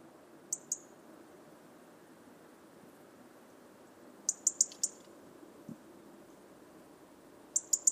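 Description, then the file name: European robin uttering high, thin ticking calls in small clusters of two to four notes spaced several seconds apart, with faint low background noise. "Erithacus rubecula"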